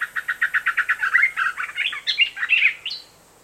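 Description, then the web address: A bird gives a run of evenly spaced, clear chirped notes, then shifts into faster, varied twittering phrases ending on a high note. "allatok madar bbc"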